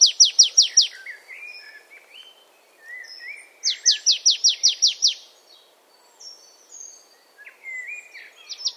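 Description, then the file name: Marsh tit delivering rapid strings of crisp, high downslurred notes, one at the start, another midway and a third beginning at the end, with soft background twitters. "Poecile palustris"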